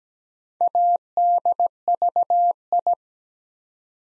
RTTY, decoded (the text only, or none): none